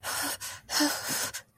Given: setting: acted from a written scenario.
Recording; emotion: vocal sound without words; fear